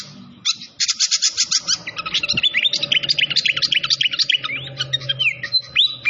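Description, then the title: Malaysian pied fantail song: loud, continuous rapid chattering notes and rising whistles throughout, over a low steady background hum. Masteran training recording of clear-voiced song combined with the sound of gurgling flowing water. "Masteran Sikatan Kipas Suara Jernih Dan Suara Gemericik Air"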